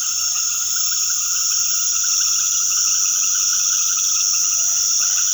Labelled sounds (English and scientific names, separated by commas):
none